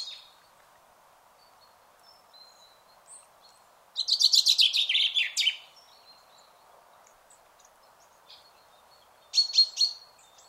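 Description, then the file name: Common chaffinch song: a rattling run of quick notes falling in pitch, with a short pair of sharp calls later and a low hum throughout. "Fringilla coelebs"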